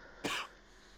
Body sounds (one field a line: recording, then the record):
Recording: coughing mixed with background sound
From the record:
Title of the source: 64 coughing, allergies, singing lungs